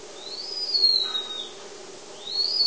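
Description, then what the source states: House mouse song, heard as long smooth whistled sweeps that rise, level off and fall, with a new rising sweep starting at the end. Mouse ultrasonic song.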